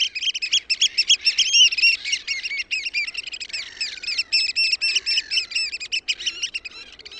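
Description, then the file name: Eurasian oystercatcher giving rapid piping, loud shrill notes repeated several times a second in an excited, continuous chatter against a quiet background. "MERIHARAKKA"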